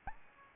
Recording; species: mosquito wingbeat signal from an infrared sensor; Aedes albopictus